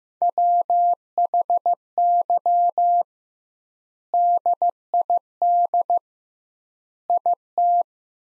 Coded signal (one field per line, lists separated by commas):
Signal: Morse code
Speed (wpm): 15 wpm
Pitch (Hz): 700 Hz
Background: none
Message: WHY DID IT